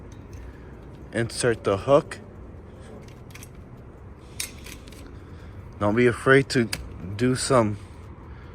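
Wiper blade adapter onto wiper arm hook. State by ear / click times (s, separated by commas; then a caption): not seated / none. A new windshield wiper blade with a plastic adapter is handled at the hook of the wiper arm on a 2018 Infiniti Q50 while someone talks. A few light taps and rattles are heard between about 3.4 and 4.9 seconds, the sharpest near 4.4 seconds. The clip ends before the blade goes home, so nothing has seated or clicked yet.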